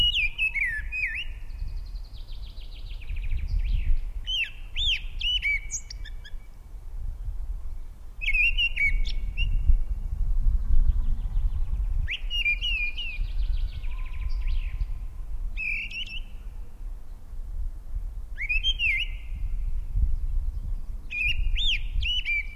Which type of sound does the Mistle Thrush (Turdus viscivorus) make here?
song